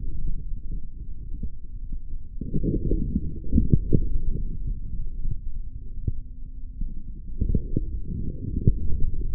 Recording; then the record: forearm muscle sounds (acoustic myography)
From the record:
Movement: forearm pronation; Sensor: system 3, bracelet of six PUI Audio POM-2738L microphones around the upper forearm, with dedicated amplification and filtering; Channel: 1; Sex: male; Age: 25 years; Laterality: right